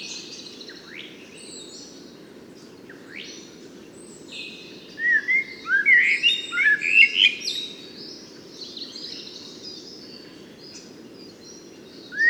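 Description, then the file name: Eurasian blackbird giving a quieter fluted phrase with high squeaky notes midway, with thin high notes before and after and a low hum throughout. "Turdus merula"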